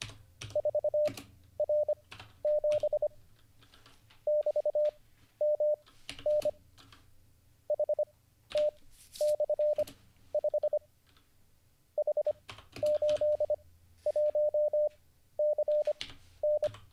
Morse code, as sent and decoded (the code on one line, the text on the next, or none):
....- .-. --... / -...- -- -. / .... - -..-. ..... / .... ---.. .---- -.-. -.
4R7 <BT>MN HT/5 H81CN